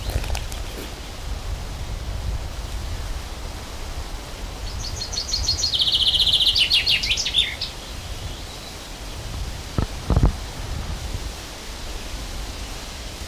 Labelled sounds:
Common Chaffinch song

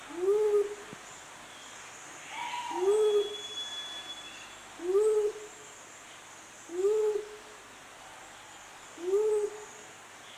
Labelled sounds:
Mindanao Bleeding-heart call

